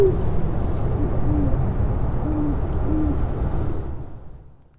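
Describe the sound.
Great horned owl giving several low, muffled hoots, with a rapid, evenly pulsed cricket chirp above and a low background rumble that fades out.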